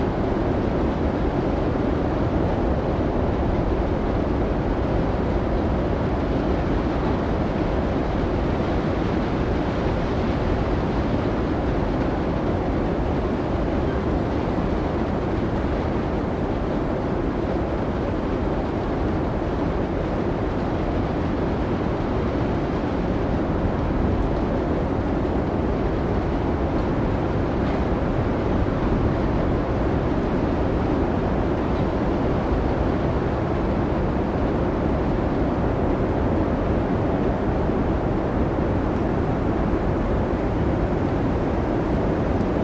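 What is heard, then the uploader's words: Howling wind roars steadily with a dense, low rumble throughout, unchanging in loudness, like a storm heard without pause. Captured overnight during the colossal snowstorm Diddú in Reykjavík, experience the real and untamed sounds of howling winds and swirling snow.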